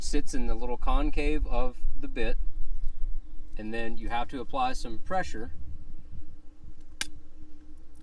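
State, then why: Seated. A new black-coated stainless steel snap fastener is pressed onto the fabric of a van door screen with snap fastener setting pliers, the bottom part sitting in the concave of the bit as pressure is applied. Someone talks, then after a quieter stretch one sharp snap is heard at 7.0 seconds. The snap means the fastener is set and done.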